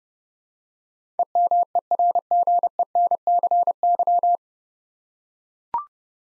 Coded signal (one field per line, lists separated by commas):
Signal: Morse code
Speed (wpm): 30 wpm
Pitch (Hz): 700 Hz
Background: none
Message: EMERGENCY